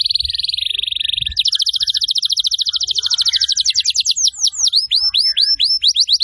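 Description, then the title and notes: Atlantic canary song opening with a rapid trill, shifting to a slower rolling trill, then ending in a series of clear descending whistled sweeps. Energetic, persistent canary song used to lure and to train wild-caught canaries (masteran). "Pikat Kenari GACOR PANJANG INI Cocok Untuk Masteran KENARI LIAR. Masteran burung kenari gacor parah"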